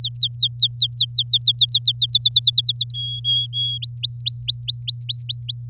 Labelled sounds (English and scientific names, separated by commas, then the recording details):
Domestic Canary (Serinus canaria) song
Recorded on 8 May 2018 at 06:04
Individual llb16